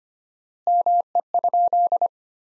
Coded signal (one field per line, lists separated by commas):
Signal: Morse code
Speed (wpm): 25 wpm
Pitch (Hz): 700 Hz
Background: none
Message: ME?